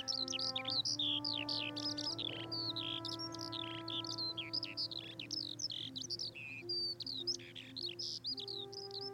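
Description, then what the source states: Eurasian skylark song, a continuous rush of high, quick chirps and slurred twittering notes without pause, over a low tonal hum that shifts in pitch a few times. Larks singing overhead in a meadow on a hill outside Malahide, Ireland; skylarks said to ascend up to 100 metres and have over 300 syllables in their repertoire.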